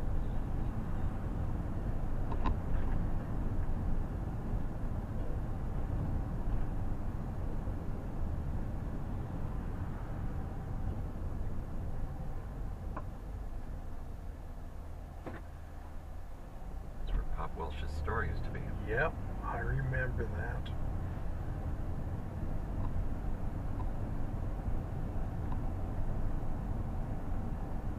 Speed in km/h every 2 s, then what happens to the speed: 26, 26, 24, 24, 23, 18, 12, 0, 0, 15, 20, 21, 23, 23.
0-8 steady at about 24. 8-14 brakes to 0. 14-16 standing. 16-19 pulls away to 20. 19-28 steady at about 21.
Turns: none.